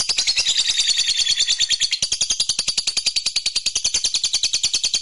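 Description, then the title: Lovebird chatter, a fast, steady run of shrill, scratchy notes, held throughout without a break. "Suara Lovebird"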